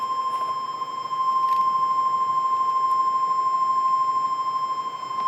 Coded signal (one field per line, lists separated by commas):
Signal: Emergency Alert System (SAME) tones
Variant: 1050 Hz attention tone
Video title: REAL EAS 1231-Severe thunderstorm watch